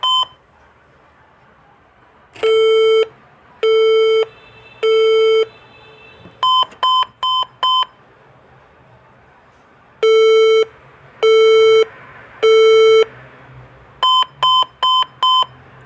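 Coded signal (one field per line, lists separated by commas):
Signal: beep code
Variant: HP business desktop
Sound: three long low buzzy beeps, then four short higher beeps, sequence repeated twice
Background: quiet room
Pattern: 3 long, 4 short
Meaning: Three long and four short beeps signal an error usually related to memory (RAM)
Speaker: थ्री लॉन्ग बिप और फोर शॉर्ट बिप्स। इसका एरर होता है मोस्टली रैम से जुड़ा हुआ इशू होता है।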